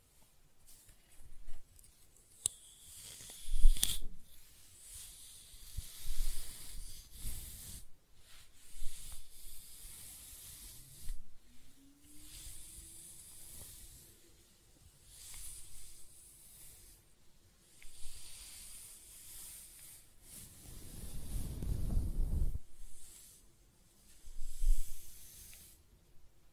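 Close-up hair sounds: bursts of dry, hissing scratching and brushing come in uneven strokes every second or two, mostly high and airy. A steady low hum enters around eleven seconds and holds, and a heavier rumbling rub swells near twenty-one seconds.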